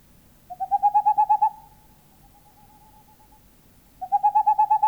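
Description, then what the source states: Tengmalm's owl song: a quick series of hollow hoots, a pause of over two seconds, then another series begins. Finnish field recording of countryside birds, released on cassette in Finland in 1988.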